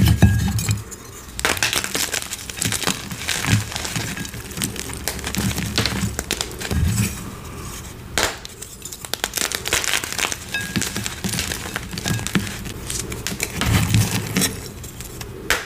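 Gym chalk being crushed, a dense, crackling crunch that keeps going with short gaps, strongest near the start and again around 7 and 14 seconds. The grinding is gritty and bright, with dull low thumps underneath and a few small clinks.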